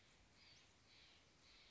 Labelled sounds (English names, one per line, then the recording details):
Western Flycatcher
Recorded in Sonoma County, California